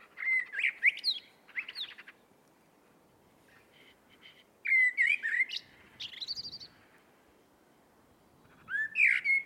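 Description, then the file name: Eurasian blackbird song: mellow fluted warbled phrases ending in squeaky high twitters, a few phrases separated by pauses, with faint background hiss. "Turdus merula"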